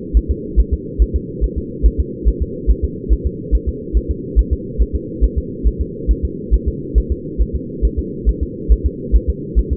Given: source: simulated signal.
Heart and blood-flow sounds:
fetal heart sounds
0.17 s: S1
0.31 s: S2
0.59 s: S1
0.74 s: S2
1.02 s: S1
1.16 s: S2
1.44 s: S1
1.58 s: S2
1.86 s: S1
2.00 s: S2
2.28 s: S1
2.42 s: S2
2.70 s: S1
2.84 s: S2
3.12 s: S1
3.26 s: S2
3.55 s: S1
3.69 s: S2
3.97 s: S1
4.11 s: S2
4.39 s: S1
4.53 s: S2
4.81 s: S1
4.95 s: S2
5.24 s: S1
5.38 s: S2
5.67 s: S1
5.81 s: S2
6.11 s: S1
6.25 s: S2
6.54 s: S1
6.68 s: S2
6.98 s: S1
7.12 s: S2
7.41 s: S1
7.55 s: S2
7.85 s: S1
7.99 s: S2
8.29 s: S1
8.43 s: S2
8.72 s: S1
8.86 s: S2
9.16 s: S1
9.30 s: S2
9.59 s: S1
9.73 s: S2
From the record:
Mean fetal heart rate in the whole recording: 140 bpm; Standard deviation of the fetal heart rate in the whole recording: 2 bpm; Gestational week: 34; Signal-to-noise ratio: -4.1 dB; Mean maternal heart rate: no maternal heart sound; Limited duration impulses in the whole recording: absent

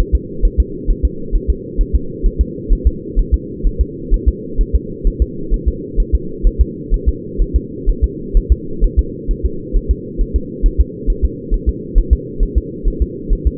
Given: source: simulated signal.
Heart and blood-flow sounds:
fetal heart sounds
0.00 s: S1
0.15 s: S2
0.45 s: S1
0.60 s: S2
0.90 s: S1
1.05 s: S2
1.35 s: S1
1.50 s: S2
1.81 s: S1
1.95 s: S2
2.26 s: S1
2.41 s: S2
2.73 s: S1
2.87 s: S2
3.19 s: S1
3.34 s: S2
3.67 s: S1
3.81 s: S2
4.14 s: S1
4.28 s: S2
4.61 s: S1
4.75 s: S2
5.07 s: S1
5.22 s: S2
5.54 s: S1
5.68 s: S2
6.00 s: S1
6.15 s: S2
6.47 s: S1
6.61 s: S2
6.94 s: S1
7.09 s: S2
7.41 s: S1
7.56 s: S2
7.89 s: S1
8.04 s: S2
8.37 s: S1
8.52 s: S2
8.84 s: S1
8.99 s: S2
9.31 s: S1
9.46 s: S2
9.77 s: S1
9.91 s: S2
10.21 s: S1
10.36 s: S2
10.66 s: S1
10.80 s: S2
11.10 s: S1
11.25 s: S2
11.54 s: S1
11.69 s: S2
11.98 s: S1
12.13 s: S2
12.43 s: S1
12.58 s: S2
12.88 s: S1
13.02 s: S2
13.33 s: S1
13.47 s: S2
From the record:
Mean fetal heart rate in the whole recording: 130 bpm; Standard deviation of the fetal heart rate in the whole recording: 4 bpm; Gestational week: 38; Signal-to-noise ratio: -4.3 dB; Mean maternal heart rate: 72 bpm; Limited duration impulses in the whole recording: absent

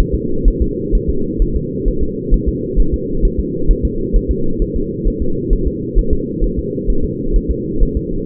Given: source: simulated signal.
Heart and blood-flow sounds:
fetal heart sounds
0.00 s: S1
0.15 s: S2
0.48 s: S1
0.62 s: S2
0.95 s: S1
1.10 s: S2
1.42 s: S1
1.56 s: S2
1.88 s: S1
2.03 s: S2
2.34 s: S1
2.48 s: S2
2.80 s: S1
2.94 s: S2
3.25 s: S1
3.39 s: S2
3.71 s: S1
3.85 s: S2
4.16 s: S1
4.31 s: S2
4.62 s: S1
4.76 s: S2
5.07 s: S1
5.22 s: S2
5.53 s: S1
5.67 s: S2
5.98 s: S1
6.13 s: S2
6.44 s: S1
6.59 s: S2
6.90 s: S1
7.04 s: S2
7.36 s: S1
7.51 s: S2
7.83 s: S1
7.97 s: S2
From the record:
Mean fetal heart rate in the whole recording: 130 bpm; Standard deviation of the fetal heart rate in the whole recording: 2 bpm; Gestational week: 38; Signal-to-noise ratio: -8.1 dB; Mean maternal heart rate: 72 bpm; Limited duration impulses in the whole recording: absent

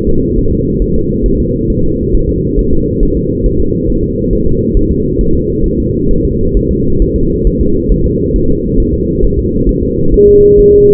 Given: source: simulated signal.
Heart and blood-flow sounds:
fetal heart sounds
0.09 s: S2
0.38 s: S1
0.52 s: S2
0.82 s: S1
0.96 s: S2
1.26 s: S1
1.40 s: S2
1.70 s: S1
1.84 s: S2
2.15 s: S1
2.29 s: S2
2.59 s: S1
2.73 s: S2
3.03 s: S1
3.17 s: S2
3.46 s: S1
3.61 s: S2
3.90 s: S1
4.04 s: S2
4.33 s: S1
4.47 s: S2
4.77 s: S1
4.91 s: S2
5.21 s: S1
5.35 s: S2
5.66 s: S1
5.80 s: S2
6.11 s: S1
6.25 s: S2
6.57 s: S1
6.71 s: S2
7.02 s: S1
7.16 s: S2
7.47 s: S1
7.61 s: S2
7.92 s: S1
8.06 s: S2
8.36 s: S1
8.50 s: S2
8.80 s: S1
8.94 s: S2
9.24 s: S1
9.39 s: S2
9.69 s: S1
9.83 s: S2
10.14 s: S1
10.28 s: S2
10.59 s: S1
10.74 s: S2
From the record:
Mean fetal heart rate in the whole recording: 135 bpm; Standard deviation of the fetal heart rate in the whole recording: 3 bpm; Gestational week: 36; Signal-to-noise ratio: -16.4 dB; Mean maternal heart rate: 72 bpm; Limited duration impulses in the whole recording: present

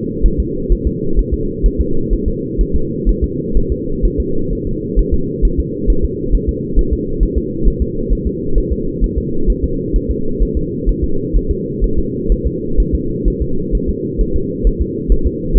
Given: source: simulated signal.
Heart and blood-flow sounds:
fetal heart sounds
0.26 s: S1
0.40 s: S2
0.72 s: S1
0.87 s: S2
1.19 s: S1
1.34 s: S2
1.66 s: S1
1.81 s: S2
2.13 s: S1
2.28 s: S2
2.61 s: S1
2.76 s: S2
3.09 s: S1
3.24 s: S2
3.57 s: S1
3.72 s: S2
4.05 s: S1
4.20 s: S2
4.53 s: S1
4.67 s: S2
4.99 s: S1
5.14 s: S2
5.45 s: S1
5.60 s: S2
5.90 s: S1
6.05 s: S2
6.35 s: S1
6.49 s: S2
6.79 s: S1
6.93 s: S2
7.23 s: S1
7.38 s: S2
7.67 s: S1
7.82 s: S2
8.12 s: S1
8.27 s: S2
8.58 s: S1
8.72 s: S2
9.04 s: S1
9.18 s: S2
9.50 s: S1
9.64 s: S2
9.96 s: S1
10.11 s: S2
10.42 s: S1
10.57 s: S2
10.89 s: S1
11.04 s: S2
11.36 s: S1
11.51 s: S2
11.84 s: S1
11.99 s: S2
12.32 s: S1
12.47 s: S2
12.80 s: S1
12.95 s: S2
13.28 s: S1
13.42 s: S2
13.75 s: S1
13.89 s: S2
14.21 s: S1
14.36 s: S2
14.67 s: S1
14.81 s: S2
15.12 s: S1
15.27 s: S2
15.57 s: S1
From the record:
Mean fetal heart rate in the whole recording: 130 bpm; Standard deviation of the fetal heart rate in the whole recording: 2 bpm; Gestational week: 36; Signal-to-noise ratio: -8.1 dB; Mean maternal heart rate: 72 bpm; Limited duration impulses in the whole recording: absent

